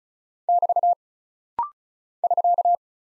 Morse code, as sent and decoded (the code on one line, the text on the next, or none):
-...- / ...-.-
<BT> <SK>